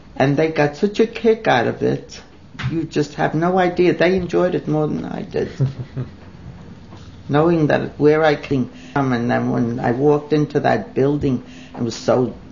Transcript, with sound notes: And they got such a kick out of it; you just have no idea. They enjoyed it more than I did. [chuckles] Knowing that, where I come in, and when I walked into that building, it was so